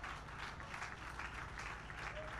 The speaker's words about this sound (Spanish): Fuerte ese aplauso de alabanza para el Señor. Fuerte, fuerte.